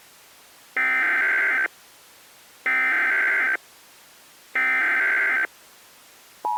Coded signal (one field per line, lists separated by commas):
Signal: Emergency Alert System (SAME) tones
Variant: header bursts